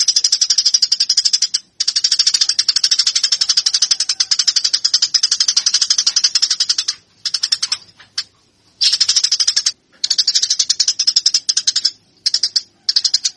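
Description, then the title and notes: Eurasian tree sparrow calling in long, fast bursts of harsh high chirps, interrupted by several brief silences throughout. Fighting calls prepared as a bird-training recording. "GEREJA TARUNG. burung gereja"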